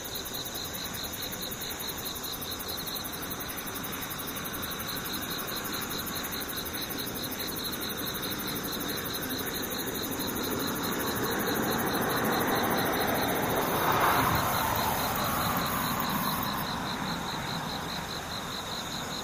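Insects call in a steady, continuous chorus, their high pulsing trill holding unchanged through the whole clip. Beneath it a low rumble swells from around ten seconds, peaking near fourteen seconds like a passing vehicle, then fades back.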